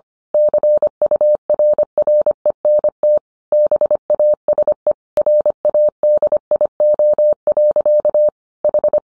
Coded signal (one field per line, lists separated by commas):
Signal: Morse code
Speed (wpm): 25 wpm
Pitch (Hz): 600 Hz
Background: none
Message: CURRENT BASE RADIO. H